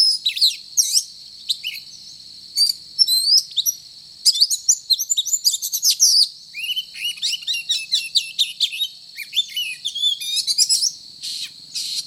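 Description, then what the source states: Oriental magpie-robin in vigorous song, a long varied medley of chirps, downslurred whistles and buzzy notes delivered in quick succession, a steady high hiss beneath. Indonesian title calls the bird a 'gacor' magpie-robin, a bird-keepers' term for one singing often and energetically.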